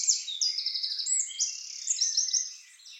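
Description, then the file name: Eurasian wren singing a loud, high, rapid run of sharp notes and trills without pause, fading slightly toward the end. "Troglodytes troglodytes"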